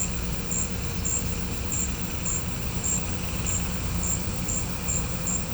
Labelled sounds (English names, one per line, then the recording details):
none
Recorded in pastures near Puerto Asís, Putumayo, Colombia, on 16 December 2024 at 16:00
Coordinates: 0.505, -76.324
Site G063